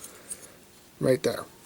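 A plastic tab on the leg or foot section of a transforming robot toy figure is lined up with its notch and pushed together during conversion, with faint light handling ticks near the start. Near the end someone talks briefly. The part has not snapped into place yet, and nothing has seated or clicked.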